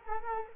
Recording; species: mosquito wingbeat signal from an infrared sensor; Culex quinquefasciatus